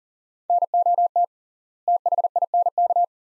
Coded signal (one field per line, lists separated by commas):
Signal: Morse code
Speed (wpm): 40 wpm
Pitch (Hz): 700 Hz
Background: none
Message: NOT THINK